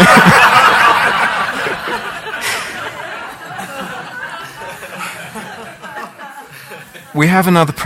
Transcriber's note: laughter